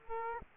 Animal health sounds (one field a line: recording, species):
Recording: mosquito wingbeat signal from an infrared sensor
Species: Aedes aegypti